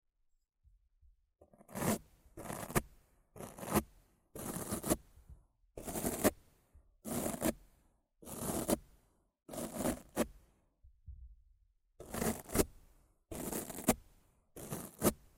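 Rough scratching and brushing strokes pass over a microphone in a steady, regular rhythm, about one harsh, bright burst every second, each lasting roughly half a second. Soft low thumps come between the strokes, with near silence before the first stroke and a brief pause near twelve seconds.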